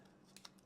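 A battery is slid into the battery and SD card compartment of a Lecnippy 4K action camera. A short series of small plastic clicks is heard, the loudest at 0.5 s. The battery is seated in its slot.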